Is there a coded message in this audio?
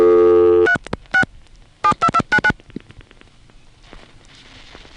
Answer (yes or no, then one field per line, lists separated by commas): yes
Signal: DTMF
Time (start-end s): 0.7-2.5 s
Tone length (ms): 70 ms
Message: 3 6 72299